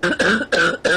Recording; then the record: coughing mixed with background sound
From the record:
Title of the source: female coughing - coughing sound effects girl